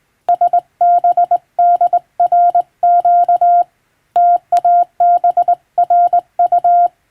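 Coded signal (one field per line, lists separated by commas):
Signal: Morse code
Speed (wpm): 20 wpm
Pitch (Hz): 700 Hz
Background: none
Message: SBDRQ TABRU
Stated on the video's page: Morse practice from a European-language telegram sending practice book; radiotelegraph operator practice.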